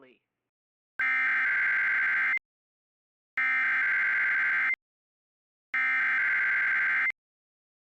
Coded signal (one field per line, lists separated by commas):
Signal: Emergency Alert System (SAME) tones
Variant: header bursts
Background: speech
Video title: IP - Snow SQUAIL Warning(S) - No EAS